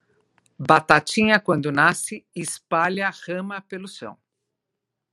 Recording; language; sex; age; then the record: short text; Brazilian Portuguese; female; 60 to 69 years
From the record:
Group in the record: control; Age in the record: 60 years